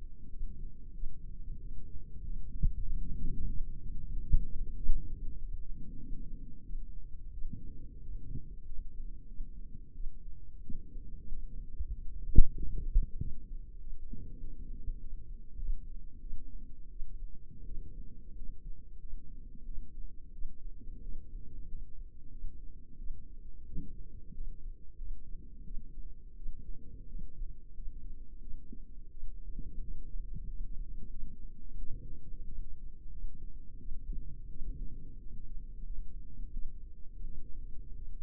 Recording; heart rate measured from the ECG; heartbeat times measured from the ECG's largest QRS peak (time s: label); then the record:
heart sounds by microphone in the left ear; 91 bpm
0.30 s: heartbeat
0.94 s: heartbeat
1.59 s: heartbeat
2.23 s: heartbeat
2.84 s: heartbeat
3.47 s: heartbeat
4.12 s: heartbeat
4.77 s: heartbeat
5.38 s: heartbeat
5.99 s: heartbeat
6.65 s: heartbeat
7.32 s: heartbeat
8.02 s: heartbeat
8.65 s: heartbeat
9.27 s: heartbeat
9.94 s: heartbeat
10.62 s: heartbeat
11.30 s: heartbeat
11.92 s: heartbeat
12.56 s: heartbeat
13.18 s: heartbeat
13.79 s: heartbeat
14.40 s: heartbeat
14.99 s: heartbeat
15.58 s: heartbeat
16.21 s: heartbeat
16.90 s: heartbeat
17.65 s: heartbeat
18.36 s: heartbeat
19.00 s: heartbeat
19.65 s: heartbeat
20.33 s: heartbeat
21.03 s: heartbeat
21.68 s: heartbeat
22.31 s: heartbeat
22.98 s: heartbeat
23.66 s: heartbeat
24.34 s: heartbeat
24.97 s: heartbeat
25.65 s: heartbeat
26.36 s: heartbeat
27.08 s: heartbeat
27.74 s: heartbeat
28.41 s: heartbeat
29.11 s: heartbeat
29.82 s: heartbeat
30.48 s: heartbeat
31.10 s: heartbeat
31.78 s: heartbeat
32.46 s: heartbeat
33.11 s: heartbeat
33.79 s: heartbeat
34.50 s: heartbeat
35.20 s: heartbeat
35.85 s: heartbeat
36.53 s: heartbeat
37.25 s: heartbeat
37.96 s: heartbeat
From the record:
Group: healthy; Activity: rest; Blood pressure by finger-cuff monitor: 103/62 mmHg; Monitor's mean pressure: 75 mmHg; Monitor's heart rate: 91 bpm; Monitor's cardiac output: 7.5 L/min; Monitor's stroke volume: 83 mL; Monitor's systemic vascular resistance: 710 dyn s/cm5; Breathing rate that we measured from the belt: 19 breaths a minute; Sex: female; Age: 22 years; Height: 163 cm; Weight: 67.1 kg